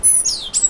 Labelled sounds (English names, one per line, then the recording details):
Stitchbird song
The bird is a male
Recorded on Tiritiri Matangi Island, New Zealand, in 2005
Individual 1, of nest box 1